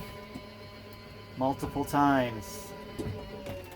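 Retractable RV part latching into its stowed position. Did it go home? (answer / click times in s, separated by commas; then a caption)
no / none. A retractable RV fitting is handled and pushed in toward its stowed position while someone talks over background music. The part has not seated or clicked into place yet.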